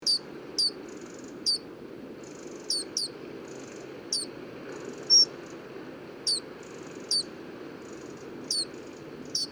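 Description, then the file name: Eurasian wren uttering high, dry clicking calls at irregular intervals, sometimes in quick pairs, with a steady low hum behind. "Troglodytes troglodytes"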